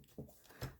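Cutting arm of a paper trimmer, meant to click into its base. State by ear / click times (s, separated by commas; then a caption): not seated / none. The plastic cutting arm of a paper trimmer is lowered onto embossed cardstock for a cut, but it has not clicked into place in its base, so it does not cut. Only faint, quiet sounds are heard, with a soft low thump near 0.2 s and another near 0.6 s, and no click occurs.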